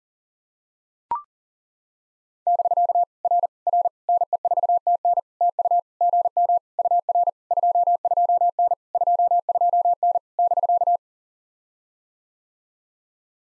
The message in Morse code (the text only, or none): <BK> R R NE4TN TU GM UR 22N 22N <BK>